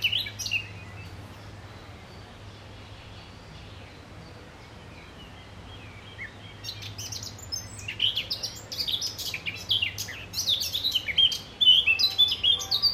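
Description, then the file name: Eurasian blackcap, mostly quiet at first apart from brief notes, then from about six seconds a rapid, scratchy high warble builds, over a constant low hum. "Sylvia atricapilla"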